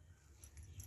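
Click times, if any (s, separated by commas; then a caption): none. A zipper slider is pushed onto the bottom end of the fabric zipper chain of a fabric organizer; it is handled but nothing has seated or clicked yet. Soft, brief high-pitched ticks are heard at about 0.4 s and 0.8 s over a low background hum, with animal noise in the background.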